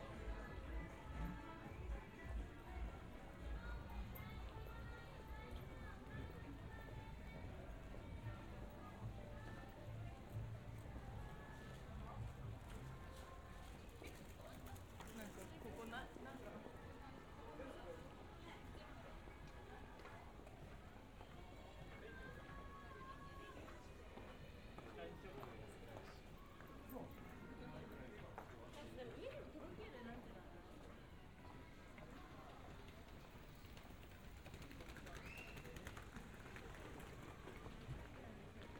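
A busy street scene heard while walking, with a dense, steady crowd of voices talking all around. Chatter overlaps continuously over a low rumble of city background and occasional passing vehicle noise.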